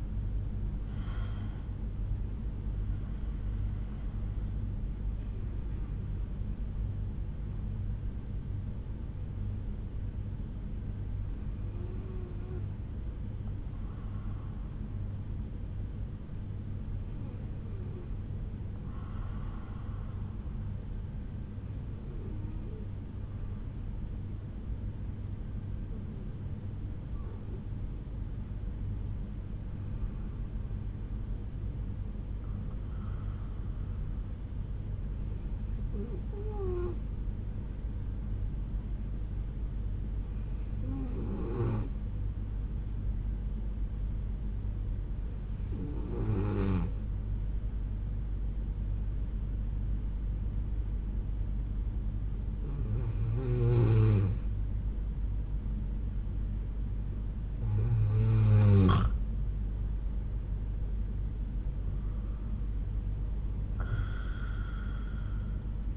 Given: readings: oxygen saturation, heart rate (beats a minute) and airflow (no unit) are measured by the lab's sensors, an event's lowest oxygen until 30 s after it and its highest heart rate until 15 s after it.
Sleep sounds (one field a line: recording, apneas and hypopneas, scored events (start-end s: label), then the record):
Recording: breathing in sleep by a smartphone at the bedside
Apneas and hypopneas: 2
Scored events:
3.00-28.00 s: hypopnea (N2, oxygen 97% highest, then 92% lowest, heart rate 62 at the start, 71 highest)
42.00-58.80 s: hypopnea (N2, oxygen 94% highest, then 91% lowest, heart rate 65 at the start, 72 highest)
From the record:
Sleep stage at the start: N2 (light sleep)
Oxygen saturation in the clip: 92 to 97%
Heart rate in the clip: 62 to 71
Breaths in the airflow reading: 12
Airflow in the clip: -5.8 to 7.2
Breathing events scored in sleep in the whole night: 368 in 8.0 hours asleep